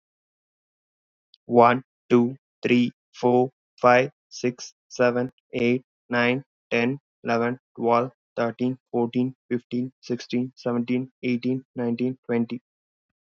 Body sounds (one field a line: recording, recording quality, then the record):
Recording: counting at a normal pace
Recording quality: excellent, no background noise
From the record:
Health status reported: exposed to COVID-19, no respiratory illness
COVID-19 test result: negative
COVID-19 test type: RT-PCR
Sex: male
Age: 23 years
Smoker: no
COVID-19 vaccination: both doses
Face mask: worn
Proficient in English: yes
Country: India